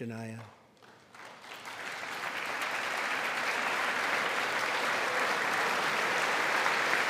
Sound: applause

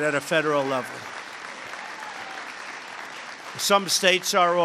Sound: applause

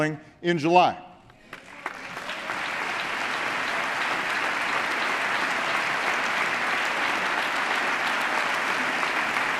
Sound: applause

